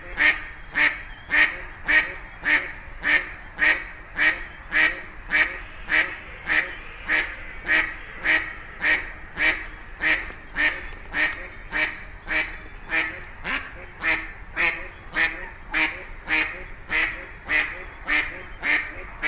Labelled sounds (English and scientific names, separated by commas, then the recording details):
Mallard (Anas platyrhynchos) call
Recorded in the wild
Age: adult
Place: Kützerhof, Kummerower See, Mecklenburg-Vorpommern, DE
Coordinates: 53.8503, 12.8794
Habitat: wetland
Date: 2011-04-19
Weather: clear, full moon, 10°C, weak northerly winds
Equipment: Sound Devices 702, Sennheiser MKH 70, Rycote Windschutz
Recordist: Frommolt, Karl-Heinz